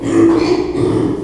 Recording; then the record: squeal of a Yucatan mini pig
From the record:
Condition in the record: before surgery on the right vocal fold (resection and tissue-engineered implant); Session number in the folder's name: 1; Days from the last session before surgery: -3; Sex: male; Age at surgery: 12 weeks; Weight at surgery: 13 kg